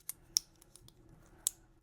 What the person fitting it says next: Ooh, you hear that click? That clicks right in there.